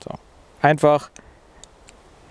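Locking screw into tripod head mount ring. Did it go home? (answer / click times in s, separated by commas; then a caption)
yes / 1.6 s, 1.9 s. In installation mode, the ring on a KJI tripod head is turned until the hex nut is hidden and the locking screw engages in the mount ring. Someone talks briefly at the start, followed by two short ticking clicks at 1.6 s and 1.9 s as the screw locks in.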